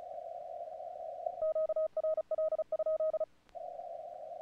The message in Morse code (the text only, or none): QRL?